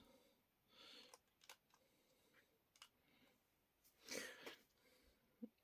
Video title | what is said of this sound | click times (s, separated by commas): NuNu Toyota Corolla AE92 '91 JTC Autopolis - PROJECT 100 !! - Final Build !! | um It's Only just clicked into place at the moment which is nice which means I won have to glue it on | 2.8 s